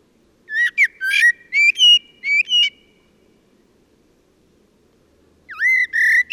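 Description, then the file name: Common blackbird song: a run of short whistled notes, a pause of a few seconds, then another burst of whistles. "Turdus merula"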